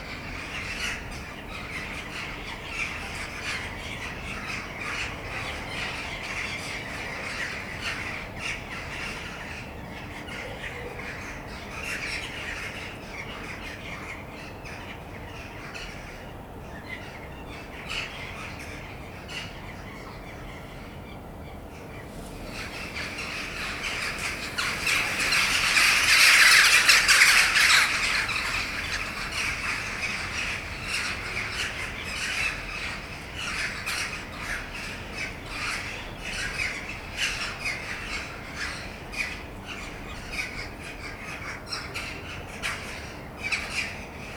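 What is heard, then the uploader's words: Jackdaws chatter nonstop in a backyard, a dense flock of short, bright squawks and calls overlapping throughout. Around the middle, from about 23 to 29 seconds, the calling swells louder before settling back to a steady busy din. Backyard, jackdaws.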